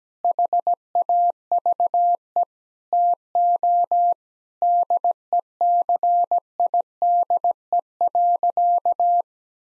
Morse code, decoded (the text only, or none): HAVE TO DECIDE.